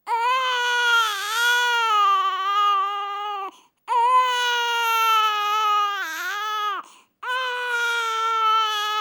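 Three long, high-pitched wails, each about three seconds, separated by brief breath pauses; the tone is steady and strongly voiced, with slight wavering pitch. Typical sustained infant crying.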